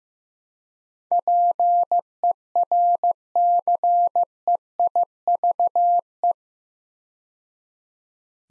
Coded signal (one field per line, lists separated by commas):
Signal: Morse code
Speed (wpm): 15 wpm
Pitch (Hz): 700 Hz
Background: none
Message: PERCEIVE